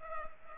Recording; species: mosquito wingbeat signal from an infrared sensor; Culex pipiens